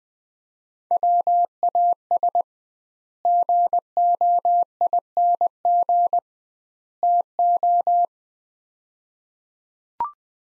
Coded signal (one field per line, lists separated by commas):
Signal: Morse code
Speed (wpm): 20 wpm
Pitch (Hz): 700 Hz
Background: none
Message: WAS GOING TO